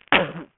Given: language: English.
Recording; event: throat vibration sensor signal played as sound; cough